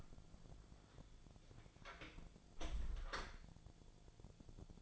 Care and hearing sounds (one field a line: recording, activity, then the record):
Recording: daily activity, microphone in the room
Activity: close door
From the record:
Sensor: 5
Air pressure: 1000.6 hPa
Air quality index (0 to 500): 153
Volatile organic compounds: 2 ppm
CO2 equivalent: 1178 ppm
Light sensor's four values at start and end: 50/118/50/53 and 51/119/50/54